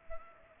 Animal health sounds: mosquito wingbeat signal from an infrared sensor; Culex pipiens

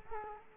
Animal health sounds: mosquito wingbeat signal from an infrared sensor; Culex quinquefasciatus

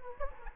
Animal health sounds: mosquito wingbeat signal from an infrared sensor; Anopheles gambiae

